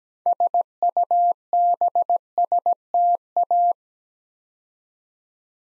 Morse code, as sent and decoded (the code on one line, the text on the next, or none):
... ..- -... ... - .-
SUBSTA